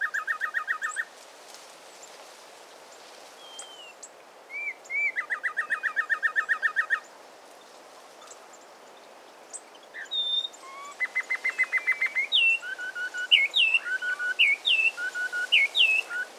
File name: Peruvian wren